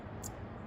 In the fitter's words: there's a satisfying click to that